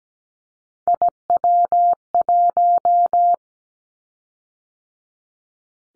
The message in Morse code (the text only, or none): IW1